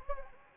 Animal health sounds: mosquito wingbeat signal from an infrared sensor; Anopheles gambiae

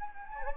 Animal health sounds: mosquito wingbeat signal from an infrared sensor; Anopheles gambiae

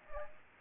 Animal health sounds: mosquito wingbeat signal from an infrared sensor; Aedes aegypti

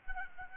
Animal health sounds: mosquito wingbeat signal from an infrared sensor; Aedes albopictus

